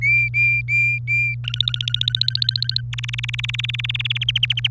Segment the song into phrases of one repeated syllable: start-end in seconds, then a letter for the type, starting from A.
0.01-1.35 A, 1.44-2.81 B, 2.93-4.24 C, 4.28-4.68 D